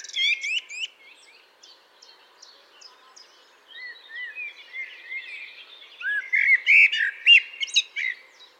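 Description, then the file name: Common blackbird giving mellow warbled phrases ending in thin high squeaks, one short phrase at the start and a longer one later, with faint twittering in between. "Turdus merula"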